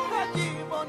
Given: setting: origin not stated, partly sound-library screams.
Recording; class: one-second piece from a danger detection set; normal situation